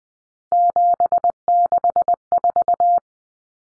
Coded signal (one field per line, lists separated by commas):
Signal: Morse code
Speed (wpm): 20 wpm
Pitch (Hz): 700 Hz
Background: none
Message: 764